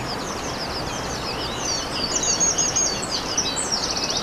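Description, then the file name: Eurasian wren song, a dense tumbling stream of high rapid notes growing louder midway and running to the end, over rushing water. Recorded by a stream on 21 April 2015 with a MZ-N710 recorder. "Troglodyte mignon ruisseau 21 04 15"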